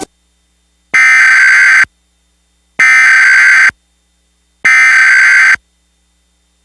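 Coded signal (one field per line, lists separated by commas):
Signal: Emergency Alert System (SAME) tones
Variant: header bursts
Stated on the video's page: Recreation with valid tones of the November 2011 National EAS Test on a fictional satellite television provider.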